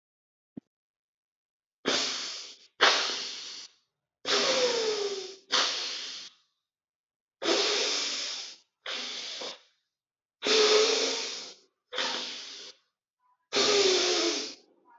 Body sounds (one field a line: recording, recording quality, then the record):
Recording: deep breathing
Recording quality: excellent, no background noise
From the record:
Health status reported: healthy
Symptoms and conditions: none ticked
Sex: male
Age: 38 years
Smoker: not ticked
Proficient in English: yes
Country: India